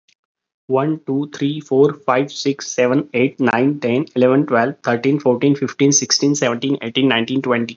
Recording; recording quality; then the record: counting at a fast pace; excellent, no background noise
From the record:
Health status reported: respiratory illness, not identified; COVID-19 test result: not tested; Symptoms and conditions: none ticked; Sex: male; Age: 27 years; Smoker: not ticked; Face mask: not worn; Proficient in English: no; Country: India